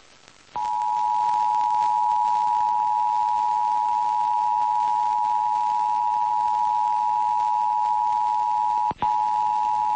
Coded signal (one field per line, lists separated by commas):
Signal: Emergency Alert System (SAME) tones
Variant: 853 and 960 Hz attention tone